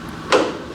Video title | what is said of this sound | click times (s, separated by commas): Driving My Friend's PAGANI HUAYRA BC! | there we go that's clicked into place | 0.3 s